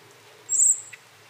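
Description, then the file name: Common blackbird giving one sharp, high, level whistled note of about a quarter second, followed by a faint click, in otherwise quiet surroundings. "Turdus merula"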